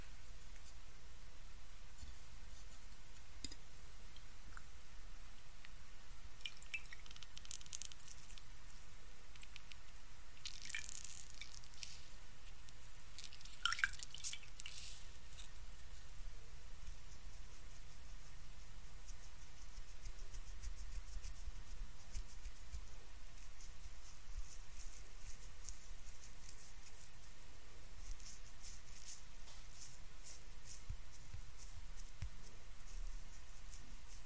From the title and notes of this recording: ASMR FACE TREATMENT, ASMR CLEANING YOUR FACE, ASMR FACE TREATMENT SPA, ASMR FACE MASSAGE NO TALKING.